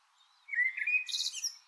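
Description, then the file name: Eurasian blackbird giving a brief song phrase, a low fluted whistle sliding into a thin, high, scratchy twitter within under two seconds. "Turdus merula"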